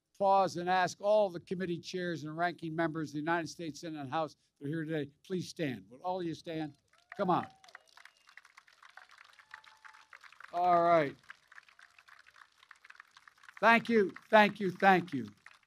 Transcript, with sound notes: pause and ask all the committee chairs and ranking members of the United States Senate and House that are here today — please stand. Would all of you stand? Come on. (Applause.) All right. Thank you, thank you, thank you.